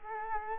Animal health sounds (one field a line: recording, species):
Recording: mosquito wingbeat signal from an infrared sensor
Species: Culex quinquefasciatus